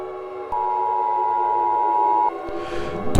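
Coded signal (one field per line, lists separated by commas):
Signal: Emergency Alert System (SAME) tones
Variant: 853 and 960 Hz attention tone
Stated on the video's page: Fictional EAS scenario about a nuclear missile attack on Louisville's Waterfront Park.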